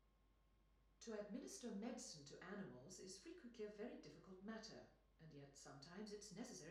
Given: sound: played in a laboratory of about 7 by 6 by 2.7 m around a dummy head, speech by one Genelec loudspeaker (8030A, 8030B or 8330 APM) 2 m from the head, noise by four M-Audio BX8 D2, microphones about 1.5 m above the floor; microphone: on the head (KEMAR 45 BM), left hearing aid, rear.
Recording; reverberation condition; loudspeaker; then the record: female speech in English; medium; in front (0 degrees)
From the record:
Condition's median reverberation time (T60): about 510 ms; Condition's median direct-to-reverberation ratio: about -0.5 dB